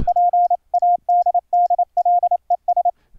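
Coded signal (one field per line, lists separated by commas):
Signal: Morse code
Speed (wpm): 28 wpm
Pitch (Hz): 710 Hz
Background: radio noise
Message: PADDLES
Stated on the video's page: Morse sidetone from a mic or line input, sent over the internet through Mumble with PulseAudio on Linux.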